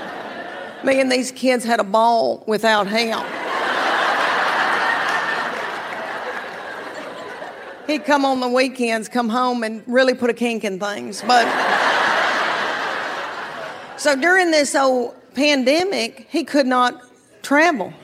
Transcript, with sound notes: Me and these kids had a ball without him.
(LAUGHTER)
He'd come on the weekends, come home, and really put a kink in things, but...
(LAUGHTER)
So during this whole pandemic, he could not travel.